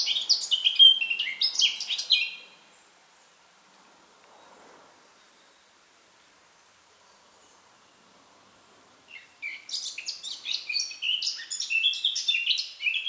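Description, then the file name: Eurasian blackcap song: a burst of rapid, scratchy warbling, several seconds of silence, then another hurried, twittering warble. "Sylvia atricapilla"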